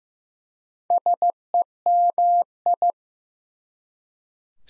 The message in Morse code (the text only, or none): SEMI